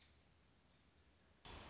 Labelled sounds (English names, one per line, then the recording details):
American Robin
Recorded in Sonoma County, California